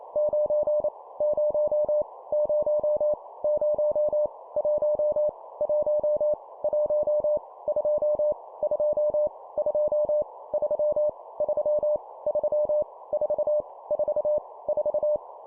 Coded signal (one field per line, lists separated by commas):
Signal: Morse code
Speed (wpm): 28 wpm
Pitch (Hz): 600 Hz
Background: none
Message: 9 0 0 0 1 1 1 2 2 2 3 3 3 4 4 4